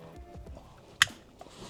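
A second plastic wiring harness connector is pushed into its mating plug during a Protect-X install on a 2019-2025 Toyota RAV4. Faint low handling noise comes before a loud, sharp click at 1.0 s, followed by a couple of small ticks. The connector is seated and the connection is confirmed.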